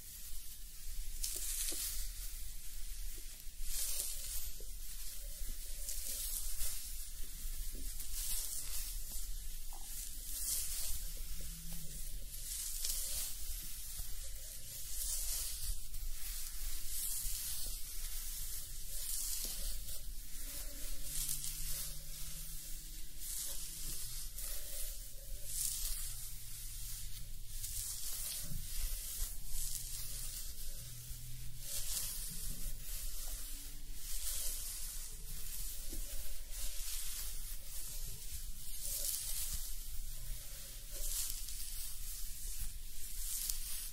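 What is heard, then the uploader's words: A scalp is massaged and washed with foamy lather, a dense, steady crackling and squishing, with faint low murmurs underneath. ASMR Scalp Massage and Hair Wash Treatment Roleplay for Sleep foamy scalp layered sounds.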